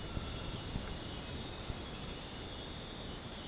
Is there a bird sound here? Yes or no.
no